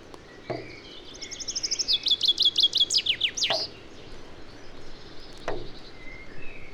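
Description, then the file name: Common chaffinch singing one bright phrase: a run of quick notes that drops in pitch, ending in a flourish, with a few soft knocks in the background. "Fringilla coelebs"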